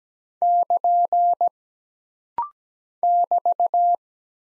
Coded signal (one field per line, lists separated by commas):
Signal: Morse code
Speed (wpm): 17 wpm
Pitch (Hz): 700 Hz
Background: none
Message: <KN> <BT>